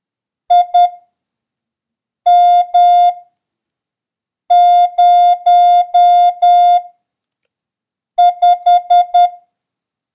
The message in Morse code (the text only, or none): IM05